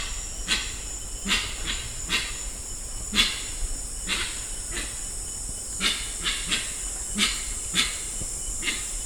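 Grey-winged trumpeter calls: short harsh noisy bursts with a low throaty undertone, repeated irregularly, over a steady high drone.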